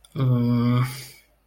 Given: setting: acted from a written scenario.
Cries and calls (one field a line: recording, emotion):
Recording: vocal sound without words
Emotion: guilt